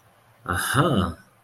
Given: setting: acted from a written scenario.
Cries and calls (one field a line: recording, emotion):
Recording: vocal sound without words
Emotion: realization